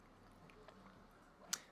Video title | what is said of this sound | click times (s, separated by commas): READ repairs #001 A verge pocket watch 2021_07_19 | so click on the barrel cap with fingers | 1.5 s